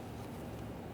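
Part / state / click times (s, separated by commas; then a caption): plastic push pin retainer into door panel / not seated / none. A plastic push pin retainer is handled at the door panel of a 2009-2014 Nissan Maxima during front interior door handle replacement, with its outer portion slid into place before being locked by pressing in on the center. Only a steady, low rumbling background noise is heard, with no sharp sounds. Nothing has seated or clicked yet.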